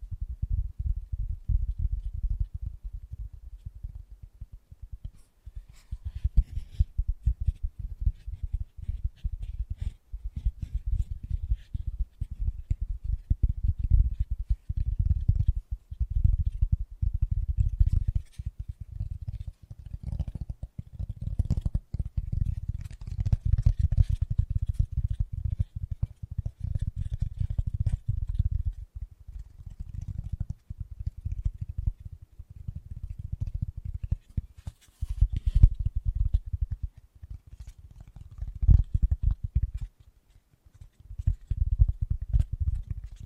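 Fast, gentle tapping runs almost without pause, a dense stream of soft, low, muffled taps. Faint brighter clicks flicker above it now and then. Brief lulls break the rhythm near 10, 33 and 40 seconds before the tapping resumes at the same pace.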